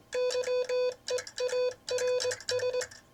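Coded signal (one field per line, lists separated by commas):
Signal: Morse code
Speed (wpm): 21 wpm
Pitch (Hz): 500 Hz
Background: none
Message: YEARS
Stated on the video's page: Morse sent on a Vibroplex bug in classic bug style with some timing off, from the sender's Novice days, offered as bug copy practice.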